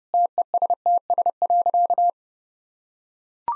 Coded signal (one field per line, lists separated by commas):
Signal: Morse code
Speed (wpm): 30 wpm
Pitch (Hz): 700 Hz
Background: none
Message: TESTS.